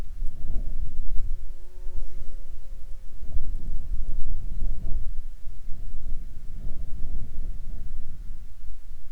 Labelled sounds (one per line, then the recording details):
wind
insects
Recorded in Ivvavik National Park, Yukon, on 14 June 2019 at 17:48
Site SINP10